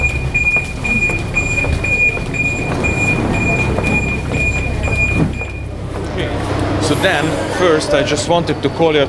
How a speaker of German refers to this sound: Und deshalb steigen wir zuallererst in die U-Bahn, fahren an den Rand der Altstadt.